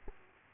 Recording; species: mosquito wingbeat signal from an infrared sensor; Aedes aegypti